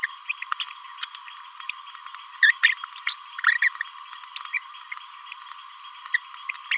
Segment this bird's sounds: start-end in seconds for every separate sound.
0.03-0.06, 0.29-0.33, 0.60-0.63, 1.00-1.05, 2.42-2.52, 2.62-2.74, 3.08-3.13, 3.46-3.55, 3.62-3.69, 4.53-4.59, 6.14-6.17, 6.71-6.78